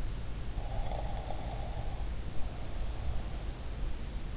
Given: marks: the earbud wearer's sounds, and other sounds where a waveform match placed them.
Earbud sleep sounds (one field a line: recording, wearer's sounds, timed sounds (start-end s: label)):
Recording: sounds in sleep by an in-ear microphone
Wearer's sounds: snoring breath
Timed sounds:
0.53-3.55 s: snoring breath